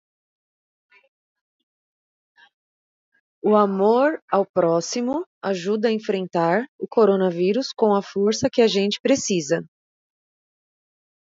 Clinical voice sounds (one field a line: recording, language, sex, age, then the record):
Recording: spoken sentence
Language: Brazilian Portuguese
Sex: female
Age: 30 to 39 years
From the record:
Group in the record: control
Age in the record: 37 years